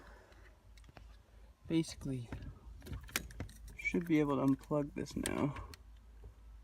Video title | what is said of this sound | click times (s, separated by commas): 2000-05 Mitsubishi Outlander | nope, it clicked back in. | 3.2 s